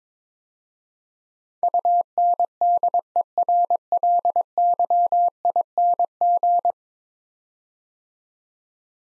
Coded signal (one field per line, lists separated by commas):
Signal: Morse code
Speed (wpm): 22 wpm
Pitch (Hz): 700 Hz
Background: none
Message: UNDERLYING